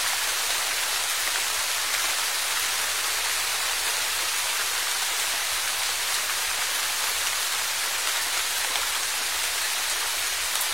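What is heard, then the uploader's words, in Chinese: Rain falls in a steady, dense hiss that barely changes across the whole stretch, bright and airy with little weight in the lows. No separate drops or other events stand out; the wash stays even throughout, like continuous rainfall on a surface. 大自然声音助眠：轻柔细雨。若隐若现的雨声。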